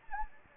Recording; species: mosquito wingbeat signal from an infrared sensor; Anopheles gambiae